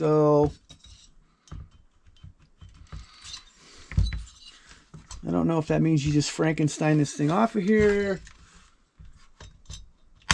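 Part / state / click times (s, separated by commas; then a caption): component being pried off the chainsaw carburetor box area / released / 10.3 s. Someone talks while prying a component off a Stihl MS 363 chainsaw being dismantled, near the carburetor box where a bolt is hanging up on the bottom of the box. Quiet handling clicks and taps are heard between the speech. The component comes free with a loud, sharp pop at 10.3 s.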